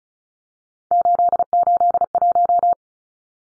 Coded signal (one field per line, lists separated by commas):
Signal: Morse code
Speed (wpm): 34 wpm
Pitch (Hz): 700 Hz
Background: none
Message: 881